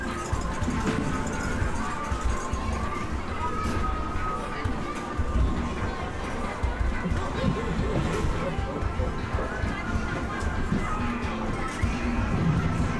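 Amusement arcade ambience in an English seaside town, a dense, unbroken wash of overlapping chatter and whirring machines at a steady level throughout. Faint tones and short bright clicks surface here and there, with a low rumble running underneath.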